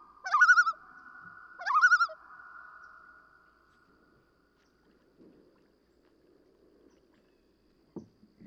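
Common loon gives two trembling laughing bursts close together, a fading held tone, then near silence with a faint knock at the end.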